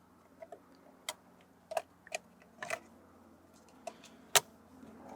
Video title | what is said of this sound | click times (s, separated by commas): VW Beetle Transmission Shift Indicator 2006-2010 (All Engines) | okay clicked into place | 4.3 s